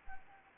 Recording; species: mosquito wingbeat signal from an infrared sensor; Anopheles arabiensis